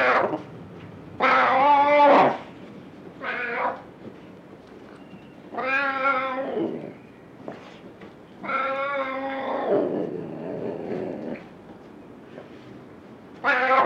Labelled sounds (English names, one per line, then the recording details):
Ocelot
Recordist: Tembrock, Günter
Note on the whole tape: Männchen: Maunzen